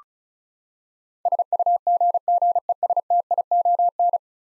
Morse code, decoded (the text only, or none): SUGGESTION